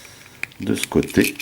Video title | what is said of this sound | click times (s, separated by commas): French Reviews : Titans Return Bumblebee | du coup ça s'emboîte également de ce côté | 0.4 s